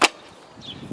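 A newly fitted replacement tailgate latch on a smart Fortwo catches the striker as the tailgate is closed to test it. A single sharp slam rings out at 0.1 s, followed by quiet with faint low rustling toward the end. The latch catches and seats on closing.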